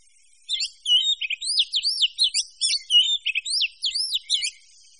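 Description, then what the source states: Birds (mixed species): a busy stream of high twittering notes and quick rising and falling whistles after a brief quiet start. A mix of birds, manuk campur.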